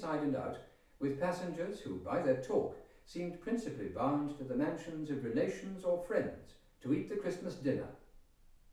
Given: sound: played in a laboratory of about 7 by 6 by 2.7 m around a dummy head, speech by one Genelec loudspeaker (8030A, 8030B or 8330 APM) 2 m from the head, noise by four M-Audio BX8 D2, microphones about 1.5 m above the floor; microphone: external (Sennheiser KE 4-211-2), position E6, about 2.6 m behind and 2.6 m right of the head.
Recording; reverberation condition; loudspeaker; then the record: male speech in English; medium; 30 degrees to the left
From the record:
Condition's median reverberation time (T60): about 510 ms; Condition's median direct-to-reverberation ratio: about -0.5 dB